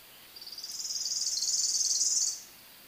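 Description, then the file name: Worm-eating warbler giving a flat, rattling high trill lasting about two seconds. It grows louder, then stops suddenly, with a quiet background. Recorded in an oak hammock on Merritt Island, Florida, on 12 April 2018 at 8:01 AM. "Worm-eating-Warbler-FL-MINWR-Oak-Hammock-April-12-2018-0801-AM"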